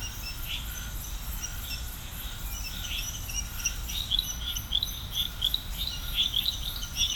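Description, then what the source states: Frog chorus of short, high chirping notes that grow denser and louder toward the end, over a steady pulsing insect buzz and low rumble. Chorus of frogs recorded at Serrinha do Alambari, Brazil.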